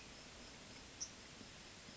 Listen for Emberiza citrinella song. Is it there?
no